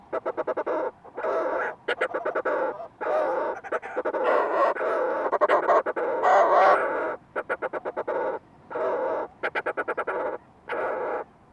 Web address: sound fulmar-prion. صدای-پرنده-پریان-بدبو